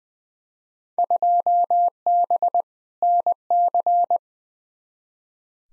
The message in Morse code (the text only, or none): 2B NC